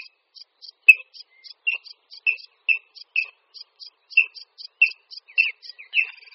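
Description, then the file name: Water rail uttering spaced, clipped notes roughly every half second, mixed with soft, higher ticks. "Chřástal vodní"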